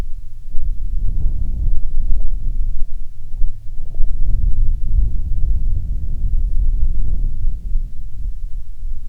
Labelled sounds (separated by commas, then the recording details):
wind
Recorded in the Prudhoe Bay oil fields, Alaska, on 7 August 2019 at 14:25
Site 17